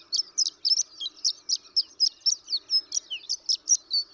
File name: Horned Lark